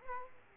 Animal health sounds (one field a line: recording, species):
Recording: mosquito wingbeat signal from an infrared sensor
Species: Culex quinquefasciatus